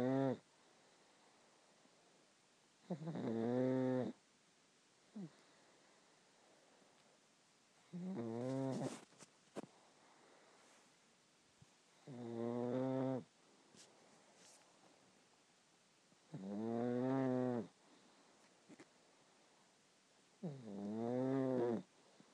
Pug snoring.